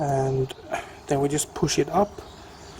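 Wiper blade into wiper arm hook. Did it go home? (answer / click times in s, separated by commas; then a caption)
no / none. A wiper blade adapter is set in the hook of a wiper arm and is being handled before it is pushed up with force to lock into place. Someone talks throughout, and no distinct click is heard. Nothing has seated or clicked yet.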